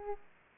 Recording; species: mosquito wingbeat signal from an infrared sensor; Aedes aegypti